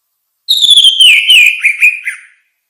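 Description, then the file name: Orange-headed thrush giving one sustained whistled phrase lasting nearly two seconds. It slides gradually downward with small wavering inflections. "suara kicau burung anis merah luar biasa"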